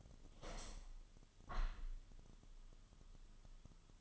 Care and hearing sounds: daily activity, microphone in the room; open window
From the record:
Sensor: 4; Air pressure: 1005.5 hPa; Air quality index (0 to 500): 99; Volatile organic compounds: 2 ppm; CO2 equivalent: 1222 ppm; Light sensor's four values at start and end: 13/29/11/11 and 13/29/11/11

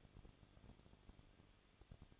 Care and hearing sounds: daily activity, microphone in the room; no activity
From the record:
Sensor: 4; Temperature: 23.1 degrees Celsius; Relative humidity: 34.3%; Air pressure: 1007.2 hPa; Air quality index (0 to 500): 215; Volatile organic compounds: 15 ppm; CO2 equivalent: 2490 ppm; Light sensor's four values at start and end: 2/3/1/1 and 2/3/1/1

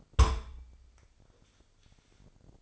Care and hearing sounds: daily activity, microphone in the room; place on stove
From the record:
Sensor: 5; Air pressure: 995.5 hPa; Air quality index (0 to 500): 98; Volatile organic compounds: 6 ppm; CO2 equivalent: 1879 ppm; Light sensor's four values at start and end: 33/79/33/34 and 34/82/34/35

